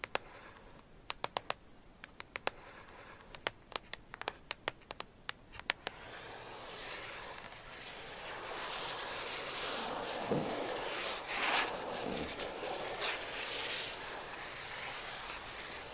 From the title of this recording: Gentle Tapping & Scratching